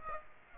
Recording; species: mosquito wingbeat signal from an infrared sensor; Aedes aegypti